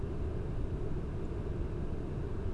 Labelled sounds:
Song Thrush (Turdus philomelos)
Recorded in Germany
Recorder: ecoPi

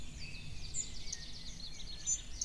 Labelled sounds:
Common Chaffinch (Fringilla coelebs)
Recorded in Germany
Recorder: ecoPi

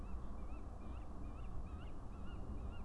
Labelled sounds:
Tawny Owl (Strix aluco)
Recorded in Germany
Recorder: ecoPi

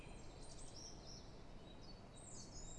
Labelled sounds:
Song Thrush (Turdus philomelos)
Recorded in Germany
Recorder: ecoPi

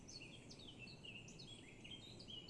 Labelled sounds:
Eurasian Blackcap (Sylvia atricapilla)
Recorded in Germany
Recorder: ecoPi

